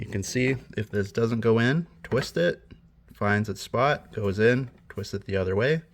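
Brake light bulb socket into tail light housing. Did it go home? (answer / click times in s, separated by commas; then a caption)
no / none. An Auxito LED bulb in its brake light bulb socket is pushed back through the hole in the tail light housing of a 2018 Nissan Pathfinder and twisted until it finds its spot, while someone talks. Only speech is heard, with no distinct mechanical sounds. The socket has not clicked or seated yet.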